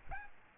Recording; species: mosquito wingbeat signal from an infrared sensor; Aedes albopictus